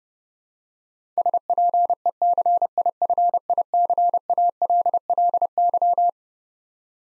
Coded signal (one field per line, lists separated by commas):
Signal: Morse code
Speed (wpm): 30 wpm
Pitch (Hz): 700 Hz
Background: none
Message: SPECIFICALLY